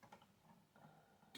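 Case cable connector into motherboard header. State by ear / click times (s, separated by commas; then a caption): not seated / none. A front-panel case cable connector is handled and pushed toward a motherboard header while the case is being wired, with faint, soft ticking handling noises and a brief, brighter rustle at the very end. Nothing has seated or clicked yet; the plug is not yet home.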